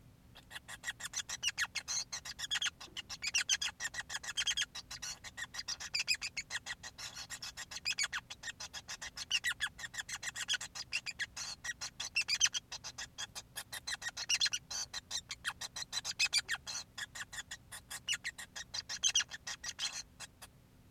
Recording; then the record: song of a male Bengalese finch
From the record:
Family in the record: son of father 5